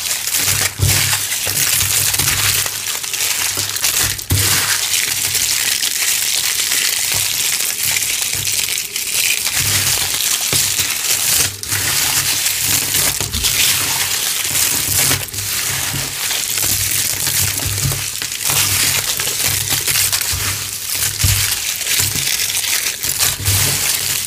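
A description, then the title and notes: Crisp crushing and crumbling of powder-coated eggs, with dense crackling and gritty rustle filling the whole 24 seconds. Sharper cracks and squeaky crunches pop out every second or two over a steady low rumble of handling. Crushing eggs with confetti inside. Eggs covered in squeaky cornstarch powder.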